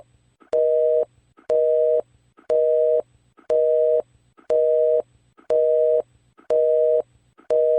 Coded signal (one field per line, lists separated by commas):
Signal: telephone call progress tone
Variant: North America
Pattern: busy tone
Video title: EAS mockery